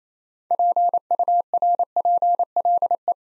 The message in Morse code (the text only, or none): PURPLE